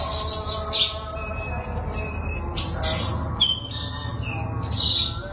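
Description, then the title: Oriental magpie-robin song: varied high whistles, slurred notes and short chattering phrases follow one another over a steady low rumble. Chirping song (kicauan) of the bird. "Suara Kicauan Burung Kacer Durasi Panjang"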